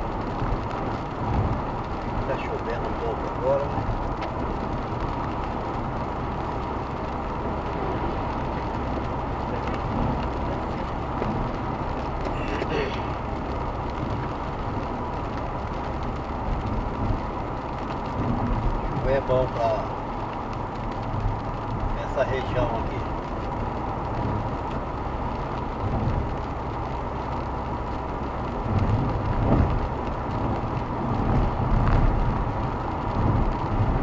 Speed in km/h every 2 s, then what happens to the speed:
98, 99, 100, 101, 101, 101, 101, 103, 102, 98, 94, 95, 97, 101, 102, 105, 106.
0-16 steady at about 101. 16-21 slows to 94. 21-34 speeds up to 106.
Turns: none.